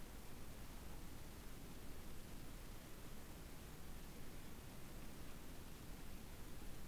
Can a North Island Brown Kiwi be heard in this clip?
no